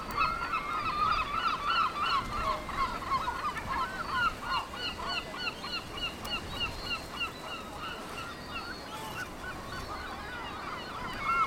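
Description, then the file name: Seabirds in a constant chorus, dozens of short, arched, croaking calls tumbling over each other throughout, with a steady background rush. Seabirds at Cap Fréhel. "oiseaux marins au cap frehel"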